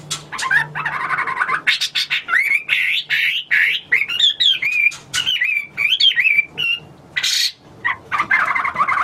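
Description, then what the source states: Hwamei song of rich, swooping whistled phrases with quick repeated notes and occasional harsh bursts, loud and continuous throughout. Recorded in China.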